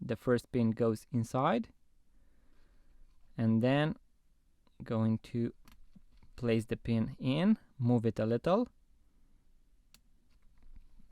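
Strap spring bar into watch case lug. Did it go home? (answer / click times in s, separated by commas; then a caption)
no / none. A spring bar pin at the end of a strap with adjustable holes is pressed between the lugs at the 6:00 side of a Hamilton Khaki Field Automatic watch's steel case and nudged toward the lug hole. Someone talks through most of the clip, with faint handling noise in the pauses. Nothing has seated or clicked yet.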